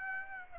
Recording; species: mosquito wingbeat signal from an infrared sensor; Aedes aegypti